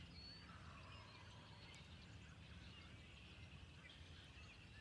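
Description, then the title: Spring peeper chorus, countless high piping calls merged into a continuous shimmering trill, with a deep background hum throughout. Recorded 6 April 2021. "2021-04-06-Spring-Peepers"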